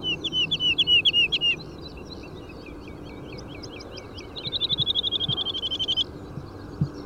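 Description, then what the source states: Woodlark singing a short series of fluting notes, a quieter stretch, then a rapid even trill of many repeated notes that ends abruptly. Nominate subspecies Lullula arborea arborea.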